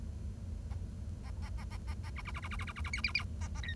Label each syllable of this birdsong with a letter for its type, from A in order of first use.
A A A A A A A B B B B B B B B B C C C A A D